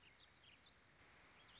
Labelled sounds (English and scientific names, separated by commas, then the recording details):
Warbling Vireo (Vireo gilvus)
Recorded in Sonoma County, California